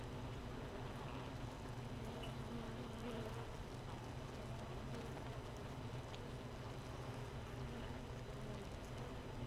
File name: Hive 1 31 05 2018 NO Queen Bee H 1 audio 15 30 00